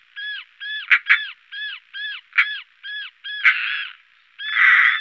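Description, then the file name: European roller uttering repeated short rasping calls in quick succession, interrupted by sharp clicks and ending in a longer grating, noisy note. "European Roller"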